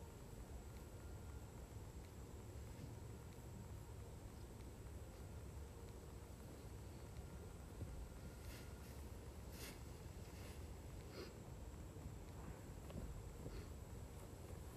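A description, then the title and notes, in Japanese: Rice harvesting with a binder, with bundles being hung to dry on racks. A steady low engine drone runs throughout with a faint thin whine on top, and scattered short rustling and clicking sounds cluster between about eight and fourteen seconds. 機械音あり バインダーで稲刈り、ハザ掛け。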